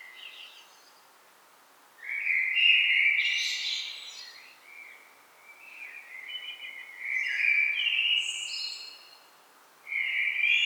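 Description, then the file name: Common blackbird singing: several mellow, whistled warbling phrases with high twittering ends, separated by pauses of a second or two. "Turdus merula"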